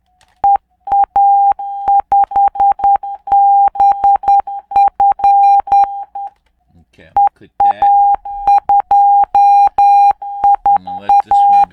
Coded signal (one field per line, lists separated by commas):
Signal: Morse code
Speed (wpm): 10 wpm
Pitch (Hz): 800 Hz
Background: none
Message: EA5BF EA2IA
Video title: IMPROVE ICR WITH RUFZXP / RUFZXP FOR BETTER ICR